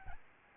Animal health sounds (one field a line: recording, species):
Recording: mosquito wingbeat signal from an infrared sensor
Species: Aedes albopictus